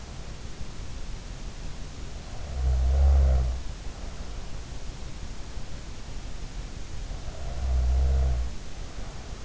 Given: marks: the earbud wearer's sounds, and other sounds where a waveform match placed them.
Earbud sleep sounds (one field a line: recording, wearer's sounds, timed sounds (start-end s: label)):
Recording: sounds in sleep by an in-ear microphone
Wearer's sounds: snoring breath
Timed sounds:
2.13-4.57 s: snoring breath
6.99-9.45 s: snoring breath